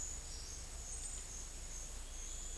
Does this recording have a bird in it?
no